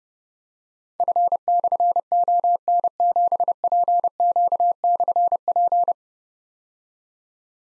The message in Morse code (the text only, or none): F/ON7PQ/P